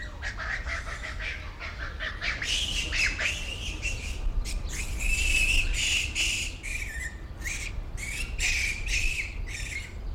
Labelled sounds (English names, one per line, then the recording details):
Japanese Macaque
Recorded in captivity
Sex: male
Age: adult
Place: Zoo Berlin, Berlin, DE
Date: 1994-03-26 10:27
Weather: 4-5°C, bedeckt, z.T. Regen
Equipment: Marantz CP 430, Sennheiser ME 80, Kopie Uher Variocord 263
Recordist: Tembrock, Günter